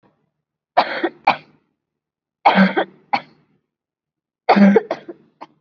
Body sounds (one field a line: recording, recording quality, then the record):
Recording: shallow voluntary cough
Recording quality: excellent, no background noise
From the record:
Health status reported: COVID-19 positive, moderate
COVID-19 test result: positive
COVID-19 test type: RT-PCR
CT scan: not taken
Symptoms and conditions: cough, cold, sore throat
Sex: female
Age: 23 years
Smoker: no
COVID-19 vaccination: one dose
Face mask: worn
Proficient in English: yes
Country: India